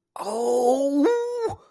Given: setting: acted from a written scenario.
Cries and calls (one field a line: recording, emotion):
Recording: vocal sound without words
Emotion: pain